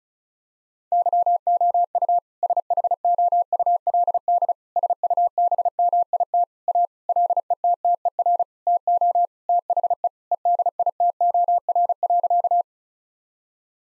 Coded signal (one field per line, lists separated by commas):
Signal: Morse code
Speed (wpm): 36 wpm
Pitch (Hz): 700 Hz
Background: none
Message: YOU SHOULD SUBMIT A LETTER TO THE EDITOR.